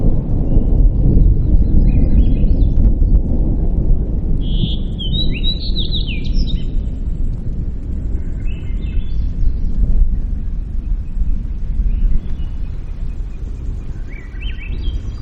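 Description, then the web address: Bird calls: short chirpy, slurred notes in scattered bursts, over a constant loud low rumble of wind or engine noise. Recorded in Denali, Alaska, on 24 June 2015. "alaska BIRDS 20150624"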